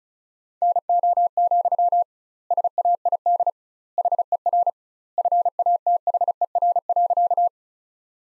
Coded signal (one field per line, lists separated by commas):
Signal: Morse code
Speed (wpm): 36 wpm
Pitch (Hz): 700 Hz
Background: none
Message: NO, SAID HER FATHER.